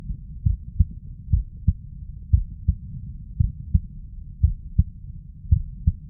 Stethoscope Chest Heart Heartbeat Clean.